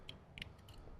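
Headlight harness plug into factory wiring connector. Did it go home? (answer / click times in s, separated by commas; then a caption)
no / none. A Morimoto headlight harness connector with its anti-flicker canceller is handled near the factory wiring connector during a headlight and fog light upgrade on a 2007–2018 Jeep Wrangler JK. A few brief, light ticks and rattles of handling are heard over a low background rumble, the sharpest near 0.1 s and 0.4 s. Nothing has seated or clicked yet.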